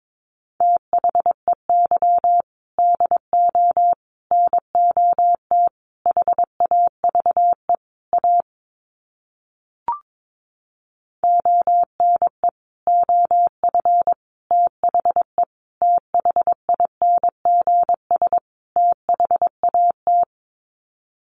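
Morse code beeps in a single steady mid-pitched tone, quick dots and dashes grouped into clusters with short gaps between words. Near the middle the keying stops for about three seconds, broken only by a brief click, then resumes until the end.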